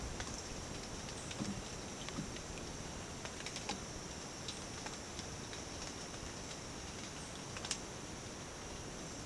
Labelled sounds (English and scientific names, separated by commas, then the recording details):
none
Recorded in dense forest near Puerto Asís, Putumayo, Colombia, on 12 March 2025 at 07:30
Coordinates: 0.486, -76.317
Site G053